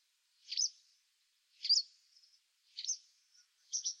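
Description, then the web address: White wagtail calls: four brisk two-part chirps, each a quick sharp double note, spaced roughly a second apart against silence. "cianscape birddata Deverinetal 2025"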